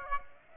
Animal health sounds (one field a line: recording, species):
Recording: mosquito wingbeat signal from an infrared sensor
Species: Aedes aegypti